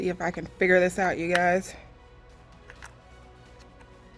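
Someone talks while setting up a new Melodysusie Sparkle Pro rechargeable nail e-file, working out which way a nail drill part goes into its housing or holder. After the talking, only quiet handling follows, with two faint brief ticks near 2.7 and 2.8 seconds. Nothing has seated or clicked into place yet.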